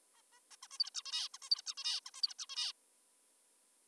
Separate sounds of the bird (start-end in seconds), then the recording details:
0.14-0.22, 0.32-0.40, 0.51-0.56, 0.63-0.68, 0.71-0.78, 0.80-0.90, 0.95-1.02, 1.06-1.28, 1.34-1.38, 1.42-1.50, 1.51-1.62, 1.66-1.74, 1.77-2.00, 2.06-2.11, 2.14-2.22, 2.23-2.34, 2.39-2.46, 2.49-2.72. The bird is an adult. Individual g19o3U